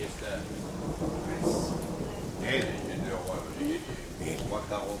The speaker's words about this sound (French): Oh, la pluie ne s'arrête pas.